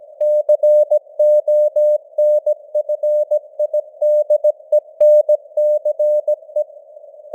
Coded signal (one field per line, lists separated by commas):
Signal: Morse code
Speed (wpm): 17 wpm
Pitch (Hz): 600 Hz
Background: none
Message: CONFIDENCE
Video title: Morse Code News | 2025-10-16 | 17wpm